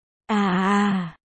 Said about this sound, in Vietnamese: Hà Tiết Âu vớ được một chậu cây chảnh nhỏ ném về phía người đó. Ra tay xong thì nước cũng không bắn vào mặt nữa. Chỉ nghe thấy tiếng kêu gào thảm thiết của anh ta.